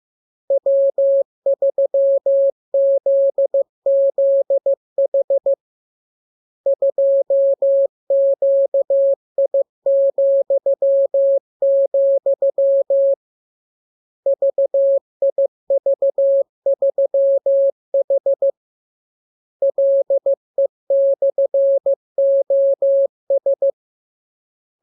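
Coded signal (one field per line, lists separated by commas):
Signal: Morse code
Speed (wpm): 15 wpm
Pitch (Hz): 550 Hz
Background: none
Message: W3ZZH 2QI,, VIV3H LE/OS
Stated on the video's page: Morse receiving lesson 31: practice radiogram opening with VVV and a section sign and ending with AR.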